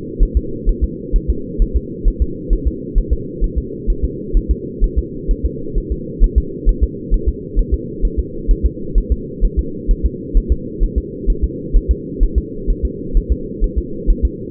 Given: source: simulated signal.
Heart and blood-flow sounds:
fetal heart sounds
0.23 s: S1
0.37 s: S2
0.69 s: S1
0.84 s: S2
1.16 s: S1
1.30 s: S2
1.62 s: S1
1.76 s: S2
2.08 s: S1
2.22 s: S2
2.53 s: S1
2.67 s: S2
2.98 s: S1
3.13 s: S2
3.44 s: S1
3.58 s: S2
3.90 s: S1
4.05 s: S2
4.37 s: S1
4.51 s: S2
4.84 s: S1
4.98 s: S2
5.31 s: S1
5.46 s: S2
5.78 s: S1
5.92 s: S2
6.24 s: S1
6.38 s: S2
6.69 s: S1
6.83 s: S2
7.14 s: S1
7.29 s: S2
7.59 s: S1
7.74 s: S2
8.05 s: S1
8.19 s: S2
8.51 s: S1
8.66 s: S2
8.98 s: S1
9.12 s: S2
9.45 s: S1
9.59 s: S2
9.91 s: S1
10.06 s: S2
10.37 s: S1
10.52 s: S2
10.84 s: S1
10.98 s: S2
11.30 s: S1
11.44 s: S2
11.76 s: S1
11.91 s: S2
12.23 s: S1
12.38 s: S2
12.70 s: S1
12.85 s: S2
13.17 s: S1
13.32 s: S2
13.64 s: S1
13.78 s: S2
14.10 s: S1
14.25 s: S2
From the record:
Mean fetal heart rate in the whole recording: 130 bpm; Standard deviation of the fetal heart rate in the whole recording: 4 bpm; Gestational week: 38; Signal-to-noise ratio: -4.3 dB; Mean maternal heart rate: 72 bpm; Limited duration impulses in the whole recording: absent

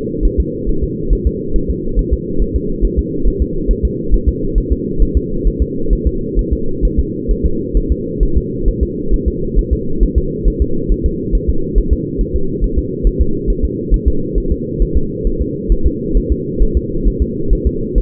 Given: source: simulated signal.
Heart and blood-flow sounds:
fetal heart sounds
0.25 s: S1
0.40 s: S2
0.69 s: S1
0.84 s: S2
1.13 s: S1
1.27 s: S2
1.56 s: S1
1.70 s: S2
1.99 s: S1
2.13 s: S2
2.42 s: S1
2.56 s: S2
2.85 s: S1
2.99 s: S2
3.28 s: S1
3.42 s: S2
3.71 s: S1
3.85 s: S2
4.14 s: S1
4.29 s: S2
4.58 s: S1
4.72 s: S2
5.02 s: S1
5.17 s: S2
5.48 s: S1
5.62 s: S2
5.93 s: S1
6.07 s: S2
6.39 s: S1
6.53 s: S2
6.85 s: S1
7.00 s: S2
7.31 s: S1
7.46 s: S2
7.77 s: S1
7.92 s: S2
8.23 s: S1
8.37 s: S2
8.69 s: S1
8.83 s: S2
9.14 s: S1
9.28 s: S2
9.59 s: S1
9.73 s: S2
10.03 s: S1
10.18 s: S2
10.48 s: S1
10.62 s: S2
10.92 s: S1
11.06 s: S2
11.35 s: S1
11.50 s: S2
11.78 s: S1
11.93 s: S2
12.21 s: S1
12.36 s: S2
12.64 s: S1
12.78 s: S2
13.07 s: S1
13.21 s: S2
13.50 s: S1
13.65 s: S2
13.94 s: S1
14.08 s: S2
14.38 s: S1
14.52 s: S2
14.82 s: S1
14.97 s: S2
15.27 s: S1
15.42 s: S2
15.72 s: S1
15.87 s: S2
16.17 s: S1
16.32 s: S2
16.62 s: S1
16.77 s: S2
17.08 s: S1
17.22 s: S2
17.53 s: S1
17.67 s: S2
17.98 s: S1
From the record:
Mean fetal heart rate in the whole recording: 135 bpm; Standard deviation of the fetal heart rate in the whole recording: 3 bpm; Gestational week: 36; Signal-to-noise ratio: -8.1 dB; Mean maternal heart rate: 72 bpm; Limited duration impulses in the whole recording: present

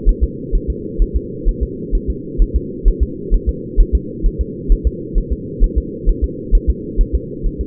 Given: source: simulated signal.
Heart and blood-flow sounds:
fetal heart sounds
0.09 s: S1
0.23 s: S2
0.55 s: S1
0.70 s: S2
1.02 s: S1
1.16 s: S2
1.48 s: S1
1.63 s: S2
1.95 s: S1
2.10 s: S2
2.42 s: S1
2.56 s: S2
2.88 s: S1
3.03 s: S2
3.34 s: S1
3.49 s: S2
3.80 s: S1
3.95 s: S2
4.26 s: S1
4.41 s: S2
4.72 s: S1
4.87 s: S2
5.18 s: S1
5.33 s: S2
5.64 s: S1
5.78 s: S2
6.09 s: S1
6.24 s: S2
6.55 s: S1
6.70 s: S2
7.01 s: S1
7.15 s: S2
7.46 s: S1
7.61 s: S2
From the record:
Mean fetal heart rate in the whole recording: 130 bpm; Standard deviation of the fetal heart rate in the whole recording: 2 bpm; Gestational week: 38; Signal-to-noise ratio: -4.1 dB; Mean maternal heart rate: no maternal heart sound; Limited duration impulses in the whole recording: absent

